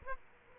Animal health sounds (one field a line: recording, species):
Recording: mosquito wingbeat signal from an infrared sensor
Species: Aedes aegypti